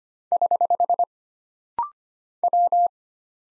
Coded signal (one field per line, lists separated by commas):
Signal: Morse code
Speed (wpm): 25 wpm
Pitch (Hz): 700 Hz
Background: none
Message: <HH> W